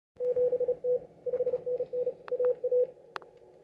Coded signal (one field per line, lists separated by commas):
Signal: Morse code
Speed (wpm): 35 wpm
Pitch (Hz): 500 Hz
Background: none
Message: 7T 5NN AA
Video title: PP5AX CARLOS FROM BRAZIL WORK ON CW MORSE CODE